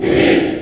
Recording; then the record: squeal of a Yucatan mini pig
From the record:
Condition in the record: after surgery on the right vocal fold (resection and tissue-engineered implant); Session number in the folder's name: 4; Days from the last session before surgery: 42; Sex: male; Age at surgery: 12 weeks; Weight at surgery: 13 kg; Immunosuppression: cyclosporine, prednisolone